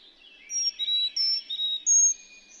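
Carolina chickadee with several clear high whistled notes at alternating pitches over a soft buzzy chatter, in one brief sequence.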